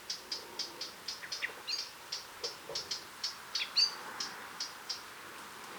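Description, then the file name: Eurasian blackcap: spaced hard tack notes, about three a second, with one brief higher, louder note midway. "Sylvia atricapilla"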